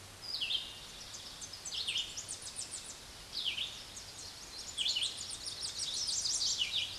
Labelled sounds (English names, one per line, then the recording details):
Tennessee Warbler song
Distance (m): 60 m
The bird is about 25 m above the microphone
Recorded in a Pennsylvania forest on 16 May 2024 at 06:41
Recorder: AudioMoth, point MSD-2258
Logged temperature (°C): 15.2 °C
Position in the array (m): 119 m, 117 m